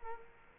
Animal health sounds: mosquito wingbeat signal from an infrared sensor; Culex quinquefasciatus

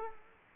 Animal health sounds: mosquito wingbeat signal from an infrared sensor; Culex quinquefasciatus

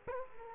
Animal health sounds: mosquito wingbeat signal from an infrared sensor; Culex quinquefasciatus

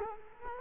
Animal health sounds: mosquito wingbeat signal from an infrared sensor; Culex quinquefasciatus

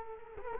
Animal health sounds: mosquito wingbeat signal from an infrared sensor; Culex quinquefasciatus

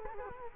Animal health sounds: mosquito wingbeat signal from an infrared sensor; Culex quinquefasciatus

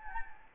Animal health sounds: mosquito wingbeat signal from an infrared sensor; Anopheles gambiae

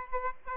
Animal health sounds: mosquito wingbeat signal from an infrared sensor; Aedes aegypti

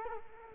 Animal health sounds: mosquito wingbeat signal from an infrared sensor; Culex quinquefasciatus

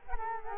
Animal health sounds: mosquito wingbeat signal from an infrared sensor; Culex quinquefasciatus

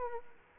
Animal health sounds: mosquito wingbeat signal from an infrared sensor; Aedes aegypti

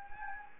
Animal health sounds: mosquito wingbeat signal from an infrared sensor; Anopheles gambiae

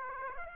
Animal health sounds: mosquito wingbeat signal from an infrared sensor; Aedes aegypti

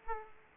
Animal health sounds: mosquito wingbeat signal from an infrared sensor; Aedes aegypti

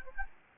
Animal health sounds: mosquito wingbeat signal from an infrared sensor; Aedes albopictus

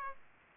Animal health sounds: mosquito wingbeat signal from an infrared sensor; Aedes aegypti

